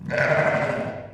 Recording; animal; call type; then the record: contact call of a hoofed animal; sheep; low-frequency (closed-mouth) or high-frequency (open-mouth) call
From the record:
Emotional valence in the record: negative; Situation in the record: short social isolation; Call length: 1.14 s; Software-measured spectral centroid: 1550 Hz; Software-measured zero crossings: 1600 a second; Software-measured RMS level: -23 dBFS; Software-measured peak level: -8 dBFS